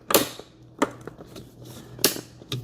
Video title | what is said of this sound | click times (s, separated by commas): How to Build a PC First Person POV | Two clicks. There you go. | 0.8 s, 2.0 s